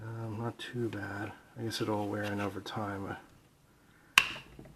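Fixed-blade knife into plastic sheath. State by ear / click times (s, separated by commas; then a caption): seated / 4.2 s. Someone talks, then after a pause a Mora Bushcraft Black fixed-blade bushcraft knife is pushed back into its molded plastic sheath and seats with a sharp, bright snap at 4.2 s. The click shows it is retained and held tight in the sheath.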